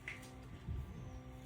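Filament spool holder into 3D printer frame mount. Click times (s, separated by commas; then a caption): 0.1 s. The second plastic filament spool holder for an Anycubic Kobra X is pushed into its mount on the 3D printer frame and given a small twist. A short, sharp click sounds at 0.1 s, followed by a soft low thump around 0.7 s over a steady low background hum. The holder clicks home and is seated.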